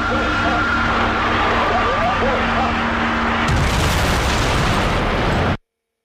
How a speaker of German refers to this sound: Der Lärm beim Absturz. Ein Geräusch, das abrupt abbricht, in sekundenkurzer Ewigkeit. Es war das letzte aus dem Cockpit des Fluges 965.